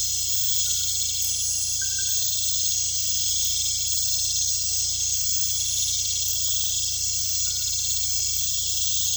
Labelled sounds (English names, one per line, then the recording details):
none
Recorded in pastures near Puerto Asís, Putumayo, Colombia, on 16 December 2024 at 21:30
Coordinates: 0.472, -76.329
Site G072